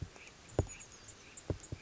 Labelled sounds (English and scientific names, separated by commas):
Chestnut-backed Chickadee (Poecile rufescens)